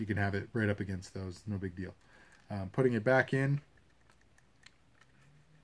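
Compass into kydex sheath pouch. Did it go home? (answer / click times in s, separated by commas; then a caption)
yes / 4.7 s. Someone talks, then a compass is pushed back into its flared kydex retention pocket on the sheath, with faint handling sounds before it snaps into place with a sharp click at 4.7 s. The compass is seated.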